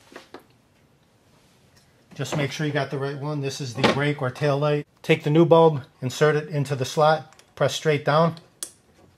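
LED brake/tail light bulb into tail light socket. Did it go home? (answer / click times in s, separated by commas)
yes / 8.6 s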